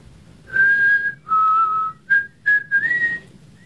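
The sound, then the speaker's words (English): Someone whistles a short, clear tune alone: two long held notes, the second slightly lower, followed by a few quick shorter notes that rise in pitch at the end. “I taught you how to whistle.”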